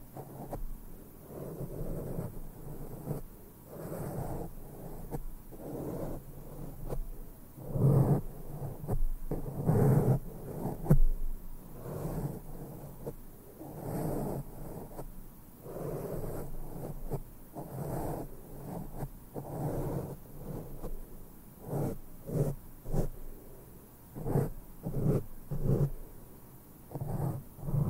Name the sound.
INTENSE MIC BRUSHING NO TALKING